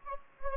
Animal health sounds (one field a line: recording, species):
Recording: mosquito wingbeat signal from an infrared sensor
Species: Anopheles gambiae